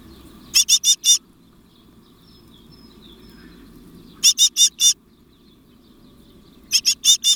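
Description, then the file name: Great tit churring call: short bursts of four rapid scolding notes, separated by pauses of about two to three seconds, with soft background hum. "Parus major"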